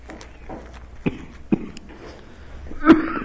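Three short, abrupt bursts about half a second to a second and a half apart, the last one louder and more voiced, against a quiet room. These are a run of dry coughs from an adult man, a brief coughing fit, during a sermon. He coughs constantly, and the cough sounds frightening to those who hear it.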